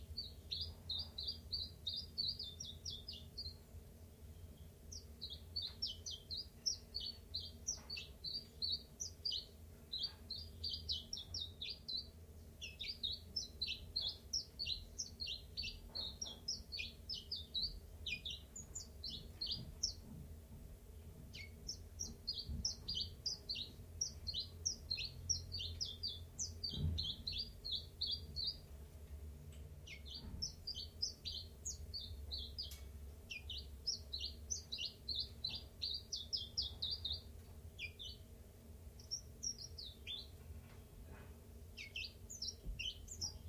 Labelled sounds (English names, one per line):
Common Chiffchaff